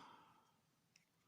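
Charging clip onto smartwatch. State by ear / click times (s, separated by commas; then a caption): not seated / none. A charging clip or cradle is being fitted onto a smartwatch or fitness band to recharge it, with soft handling noise and a faint breathy hiss fading over the first half-second, then a brief sharp tick at 0.96 s. The part has not seated or clicked into place yet.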